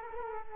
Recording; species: mosquito wingbeat signal from an infrared sensor; Culex quinquefasciatus